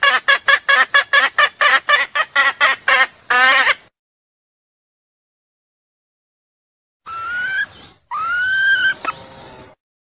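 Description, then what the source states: Junglefowl with a quick burst of sharp clucks and a rasping note, then a pause, then two rising, drawn-out squawks. Female junglefowl calling to solicit mating.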